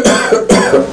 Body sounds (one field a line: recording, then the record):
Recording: coughing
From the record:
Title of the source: Residual Phlegmy Morning Coughing and Gagging